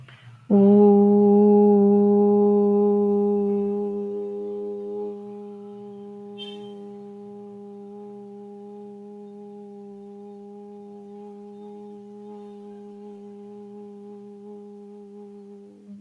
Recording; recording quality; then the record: sustained vowel as in boot; excellent, no background noise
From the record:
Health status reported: recovered from COVID-19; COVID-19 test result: positive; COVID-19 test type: RT-PCR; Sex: female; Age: 24 years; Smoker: no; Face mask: not worn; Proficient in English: no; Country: India